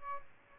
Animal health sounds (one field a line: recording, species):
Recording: mosquito wingbeat signal from an infrared sensor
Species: Aedes albopictus